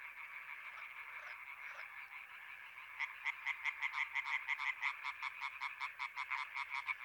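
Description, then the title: European tree frog chorus; a fainter blurred chorus gives way after about three seconds to one frog's loud, fast pulsed croaks. Chorus at Étang des Marguilliers pond, Sologne, France, 21 May 1993, one hour after nightfall, intense calling activity. "Choeur de rainettes en Sologne"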